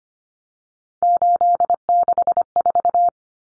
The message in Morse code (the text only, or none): 864